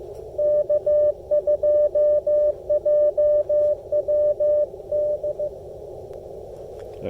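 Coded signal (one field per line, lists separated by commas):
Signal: Morse code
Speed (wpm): 17 wpm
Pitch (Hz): 590 Hz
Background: none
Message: K2JWD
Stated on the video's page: CW Parks On The Air activation with an Icom IC-705 and MFJ-1984LP end-fed antenna.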